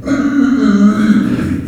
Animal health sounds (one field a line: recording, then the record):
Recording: squeal of a Yucatan mini pig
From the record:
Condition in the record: after surgery on the right vocal fold (resection and tissue-engineered implant)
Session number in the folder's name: 6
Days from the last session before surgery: 40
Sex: female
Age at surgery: 19 weeks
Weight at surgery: 25 kg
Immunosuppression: prednisolone